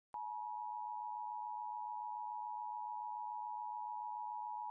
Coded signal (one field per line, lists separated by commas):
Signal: Emergency Alert System (SAME) tones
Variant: 853 and 960 Hz attention tone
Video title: (EAS #2,445 - #2,447) WE MISSED SOME THINGS - EAS Alerts 7/10/25